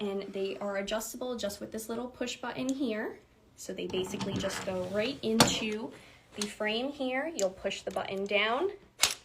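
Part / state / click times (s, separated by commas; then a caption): adjustable wheel strut into dog wheelchair frame / not seated / none. An adjustable wheel strut with a small push button is handled at the frame of a small rear dog wheelchair while someone talks. The button is pressed down as the strut is guided toward the frame, and a brief sharp sound occurs near the end. Nothing has seated or clicked yet.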